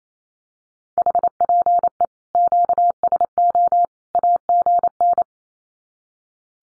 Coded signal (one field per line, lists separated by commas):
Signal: Morse code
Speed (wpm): 28 wpm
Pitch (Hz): 700 Hz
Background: none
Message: HPE QSO AGN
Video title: Common QSO Phrases 28wpm